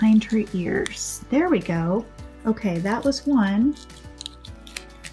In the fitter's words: okay we got it clicked in